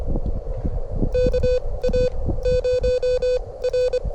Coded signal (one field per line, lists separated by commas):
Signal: Morse code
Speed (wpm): 25 wpm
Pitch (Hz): 500 Hz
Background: none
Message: KA0R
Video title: The Wind Is A Hater! First Full POTA Activation At 25 WPM 🔥 Steady Climbing The Morse Code Ladder